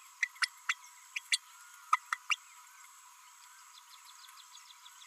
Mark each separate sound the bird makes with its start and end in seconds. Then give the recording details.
0.22-0.28, 0.42-0.48, 0.69-0.74, 1.16-1.19, 1.32-1.38, 1.92-1.97, 2.29-2.37. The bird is a female. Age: 32 days. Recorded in a nest box in Venezuela. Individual 17B32A5